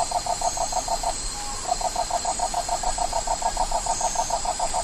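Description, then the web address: Crested forest toad call: a steady, mid-pitched pulsed trill of rapid even notes running throughout with one brief break, over a constant high hiss of insects. Frog of the Ecuadorian Amazon, Ecuador. "Frogs of Ecuadorian Amazon Bufo typhonius"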